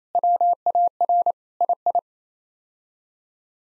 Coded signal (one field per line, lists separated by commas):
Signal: Morse code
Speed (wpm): 28 wpm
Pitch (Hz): 700 Hz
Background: none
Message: WAR II